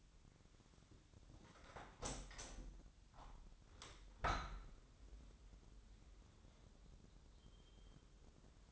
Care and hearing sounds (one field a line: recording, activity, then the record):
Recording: daily activity, microphone in the room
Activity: open window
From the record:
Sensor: 3